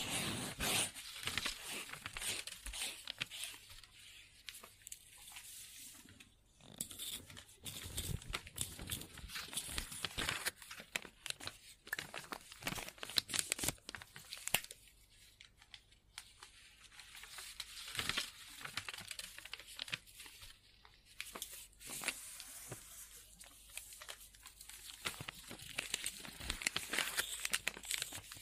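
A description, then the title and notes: A pen scribbles on paper, a busy run of short scratchy strokes with a bright, papery hiss. The strokes come in quick irregular bursts, with brief pauses around six, fifteen and twenty-one seconds, over a faint low hum. Scribbling On Paper.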